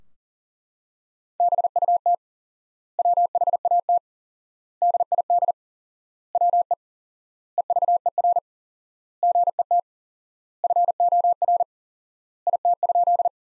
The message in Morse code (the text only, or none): BUT WHAT DID WE EVER GET FOR IT?